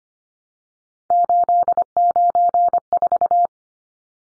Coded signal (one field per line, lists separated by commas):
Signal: Morse code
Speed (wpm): 25 wpm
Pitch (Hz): 700 Hz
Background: none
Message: 894